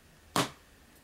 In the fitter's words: interesting so nice little click and right off the bat you got a silica packet in here uh